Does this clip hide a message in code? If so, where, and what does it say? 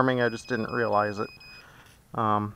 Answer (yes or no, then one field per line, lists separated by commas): no